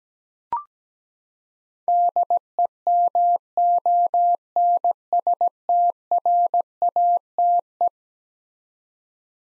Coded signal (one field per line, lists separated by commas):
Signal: Morse code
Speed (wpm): 17 wpm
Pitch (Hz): 700 Hz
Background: none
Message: DEMONSTRATE